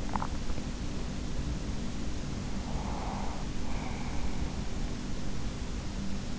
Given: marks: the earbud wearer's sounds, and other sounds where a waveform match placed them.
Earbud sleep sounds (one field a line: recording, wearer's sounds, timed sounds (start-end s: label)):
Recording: sounds in sleep by an in-ear microphone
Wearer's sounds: swallowing, breath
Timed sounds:
0.00-0.71 s: swallowing
2.21-4.70 s: breath